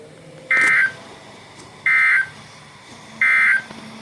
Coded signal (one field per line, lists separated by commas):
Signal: Emergency Alert System (SAME) tones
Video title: Must’ve Been The Wind (EAS 366-379)